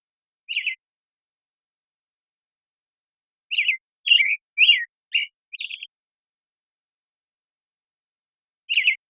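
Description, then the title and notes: American Robin giving a single whistled note, a pause, then a run of five quick, liquid whistled notes, another pause and one more note; quiet background. Morning song, very long sequence, Pacific Northwest, Washington, United States; parabolic recording, processed clean for clarity with natural pacing and rhythm maintained. "American Robin Morning Song. American Robin, Turdus migratorius, morning song, very long sequence, parabolic recording. Recorded in the beautiful Pacific Northwest, Washington, United States"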